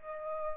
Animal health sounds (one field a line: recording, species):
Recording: mosquito wingbeat signal from an infrared sensor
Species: Aedes aegypti